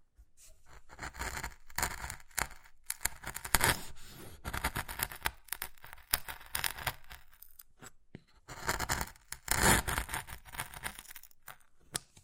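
Wood carving sounds: dense bursts of scraping and scratching, with short sharp taps scattered throughout. The strokes come in irregular clusters with brief pauses, louder near four and ten seconds, and a near-silent gap just after eight seconds.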